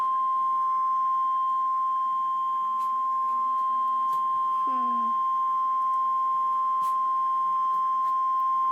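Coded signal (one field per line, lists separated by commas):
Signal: Emergency Alert System (SAME) tones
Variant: 1050 Hz attention tone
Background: speech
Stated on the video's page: Real Emergency Alert System tornado watch.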